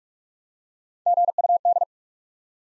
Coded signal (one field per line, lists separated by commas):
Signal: Morse code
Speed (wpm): 44 wpm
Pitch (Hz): 700 Hz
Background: none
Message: GUD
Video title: Top 180 QSO Elements - Speed-Racing - 30wpm